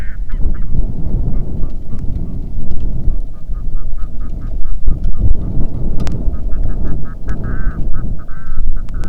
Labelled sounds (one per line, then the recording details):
waterfowl
wind
rain
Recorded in the Arctic National Wildlife Refuge, Alaska, on 3 August 2019 at 09:01
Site 46